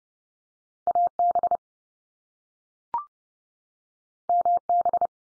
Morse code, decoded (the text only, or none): AB MB